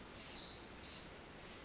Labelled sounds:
Pacific Wren (Troglodytes pacificus)
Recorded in Sonoma County, California

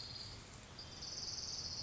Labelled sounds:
Orange-crowned Warbler (Leiothlypis celata)
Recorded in Sonoma County, California

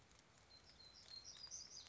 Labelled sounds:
Black-throated Gray Warbler (Setophaga nigrescens)
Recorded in Sonoma County, California

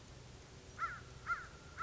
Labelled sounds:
American Crow (Corvus brachyrhynchos)
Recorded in Sonoma County, California

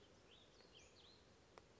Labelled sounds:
Western Flycatcher (Empidonax difficilis)
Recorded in Sonoma County, California

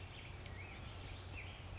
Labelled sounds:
Black-headed Grosbeak (Pheucticus melanocephalus)
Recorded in Sonoma County, California

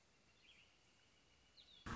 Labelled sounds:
Northern Flicker (Colaptes auratus)
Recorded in Sonoma County, California

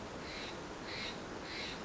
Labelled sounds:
Steller's Jay (Cyanocitta stelleri)
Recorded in Sonoma County, California

